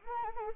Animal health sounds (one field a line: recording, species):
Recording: mosquito wingbeat signal from an infrared sensor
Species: Anopheles arabiensis